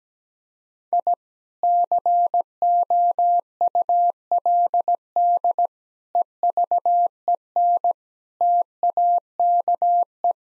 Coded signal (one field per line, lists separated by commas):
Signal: Morse code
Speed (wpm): 17 wpm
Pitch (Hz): 700 Hz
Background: none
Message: I COULD EVEN TAKE